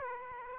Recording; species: mosquito wingbeat signal from an infrared sensor; Aedes aegypti